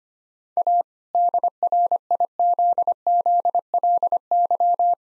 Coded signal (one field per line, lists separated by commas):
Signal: Morse code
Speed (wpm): 25 wpm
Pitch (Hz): 700 Hz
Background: none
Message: A DRIZZLY